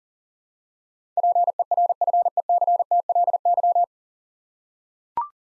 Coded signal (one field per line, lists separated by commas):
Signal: Morse code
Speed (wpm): 40 wpm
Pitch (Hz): 700 Hz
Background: none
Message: PERFECTLY